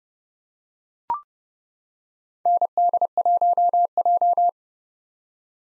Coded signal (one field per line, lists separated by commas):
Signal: Morse code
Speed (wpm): 30 wpm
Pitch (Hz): 700 Hz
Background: none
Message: ND1J